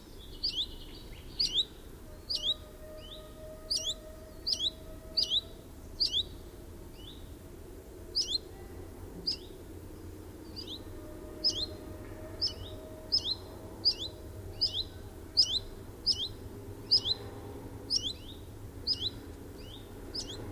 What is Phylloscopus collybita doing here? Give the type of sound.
alarm call